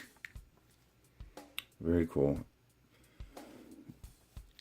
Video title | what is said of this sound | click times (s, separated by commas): Star Wars Micro Machines Action Fleet AT-ST | snaps right in there no problem and you're gonna close them up very | 0.2 s, 1.6 s